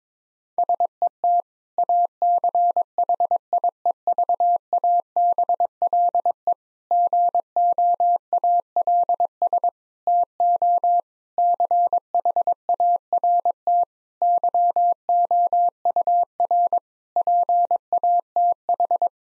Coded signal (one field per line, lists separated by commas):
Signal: Morse code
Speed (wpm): 22 wpm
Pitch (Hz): 700 Hz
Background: none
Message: SET ACHIEVABLE GOALS TO CHART YOUR PATH